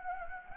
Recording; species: mosquito wingbeat signal from an infrared sensor; Anopheles gambiae